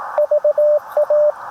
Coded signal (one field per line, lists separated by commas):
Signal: Morse code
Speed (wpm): 21 wpm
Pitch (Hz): 590 Hz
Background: radio noise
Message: VA